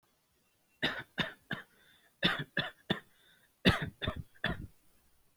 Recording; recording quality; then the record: shallow voluntary cough; excellent, no background noise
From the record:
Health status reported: exposed to COVID-19, no respiratory illness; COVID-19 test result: negative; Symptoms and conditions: cold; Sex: male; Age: 25 years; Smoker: not ticked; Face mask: not worn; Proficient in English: yes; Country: India